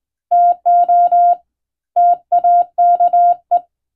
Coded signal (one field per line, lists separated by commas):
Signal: Morse code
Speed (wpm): 22 wpm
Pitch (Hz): 700 Hz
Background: none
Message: TO TAKE